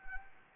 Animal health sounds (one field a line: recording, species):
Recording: mosquito wingbeat signal from an infrared sensor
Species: Anopheles arabiensis